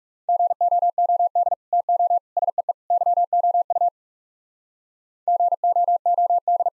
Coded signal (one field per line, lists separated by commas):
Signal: Morse code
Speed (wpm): 38 wpm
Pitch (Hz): 700 Hz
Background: none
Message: GOOD TO SEE YOU GOOD